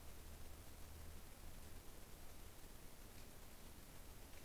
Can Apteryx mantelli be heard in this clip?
no